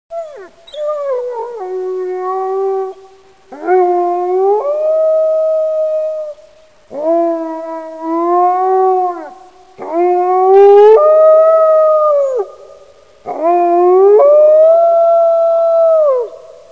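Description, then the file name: Grey wolf howls: five long, drawn-out howls of about three seconds each, with a second, higher voice joining partway through several, separated by brief pauses. "seryj volk"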